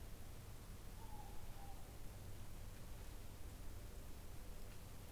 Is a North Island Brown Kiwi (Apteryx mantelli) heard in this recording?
no